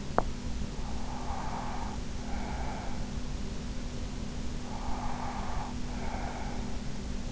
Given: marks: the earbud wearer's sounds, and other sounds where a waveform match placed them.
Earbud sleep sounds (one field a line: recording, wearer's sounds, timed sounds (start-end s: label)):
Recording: sounds in sleep by an in-ear microphone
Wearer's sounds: teeth grinding, breath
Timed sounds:
0.00-0.34 s: teeth grinding
1.08-3.02 s: breath
4.51-6.57 s: breath